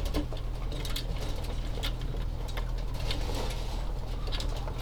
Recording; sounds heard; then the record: poultry house recording; healthy chickens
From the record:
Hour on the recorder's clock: 14